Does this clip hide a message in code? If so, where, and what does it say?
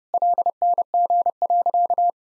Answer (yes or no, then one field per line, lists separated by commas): yes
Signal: Morse code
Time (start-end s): 0.1-2.1 s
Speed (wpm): 30 wpm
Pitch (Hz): 700 Hz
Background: none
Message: LNG.